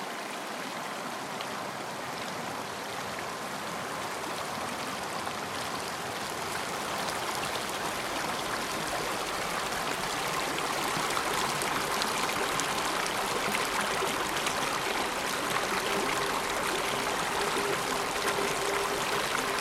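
A river runs, its water rushing and splashing in a dense, steady wash with many small trickling bursts. The flow is bright and busy, growing slightly louder after the first ten seconds, with a faint thin tone near the end.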